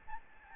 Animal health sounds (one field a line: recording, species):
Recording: mosquito wingbeat signal from an infrared sensor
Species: Aedes albopictus